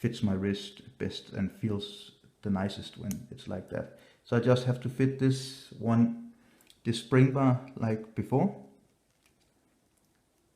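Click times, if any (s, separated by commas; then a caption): none. A steel spring bar and bracelet are handled and lined up against the lug of a TAG Heuer Aquaracer WAP2011 dive watch case, ready to be pushed home, while someone talks for most of the clip. After the talking stops there is near silence with a faint short tick at about 9.3 s, but nothing has seated or clicked into the lug yet.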